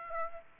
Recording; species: mosquito wingbeat signal from an infrared sensor; Aedes aegypti